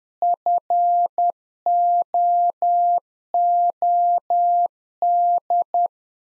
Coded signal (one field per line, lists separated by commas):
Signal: Morse code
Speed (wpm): 10 wpm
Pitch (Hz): 700 Hz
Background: none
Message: FOOD